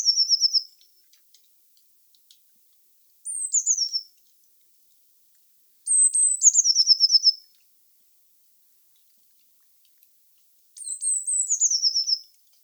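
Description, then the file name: Eurasian blue tit calling: four high phrases, the first cut short, each full one opening with thin notes and falling into a fast trill, a few seconds apart. "Cyanistes caeruleus"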